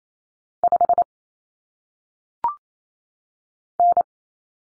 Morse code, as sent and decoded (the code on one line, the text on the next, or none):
..... / -.
5 N